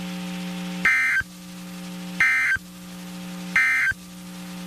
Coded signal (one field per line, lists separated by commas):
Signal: Emergency Alert System (SAME) tones